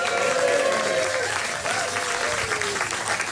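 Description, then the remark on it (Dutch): A live audience in a hall applauds, dense continuous clapping sustained loudly throughout, with a few whoops and cheering voices rising above the crowd. “Bij ons in de zaal zit publiek. Laat u maar even horen.”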